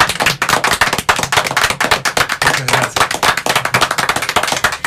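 A crowd applauds live, many hands clapping in a dense, steady burst of sharp, crackling slaps that continues without letting up, with no voices heard.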